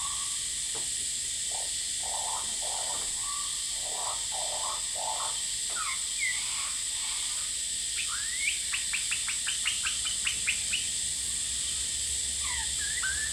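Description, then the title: Superb lyrebird singing low warbled phrases, then a fast series of sharp repeated clicking notes, all over steady cicada hiss. Male, singing vigorously outside a window at Horsfield Bay, New South Wales, Australia, 23 January 2017, with cicadas calling; noise reduction applied. "Lyrebird - Horsfield Bay NSW, Jan 23 2017"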